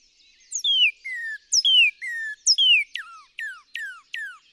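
Northern cardinal song: paired downslurred whistles repeated, then switching to a series of quicker steeply falling notes.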